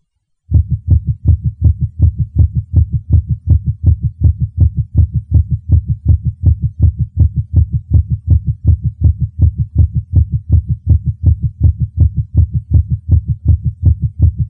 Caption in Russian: Пароксизмальная тахикардия аускультативно проявляется большой частотой сердечных сокращений, обычно более 150 ударов в минуту, при сохранении правильного ритма. Громкость тонов обычно повышена, однако различить первый и второй тоны бывает крайне сложно. У больного ишемической болезнью сердца в момент пароксизма наджелудочковой тахикардии.